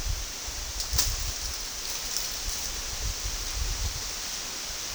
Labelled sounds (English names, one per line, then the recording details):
none
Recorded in secondary vegetation near Puerto Asís, Putumayo, Colombia, on 21 February 2024 at 12:30
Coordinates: 0.472, -76.331
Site G6371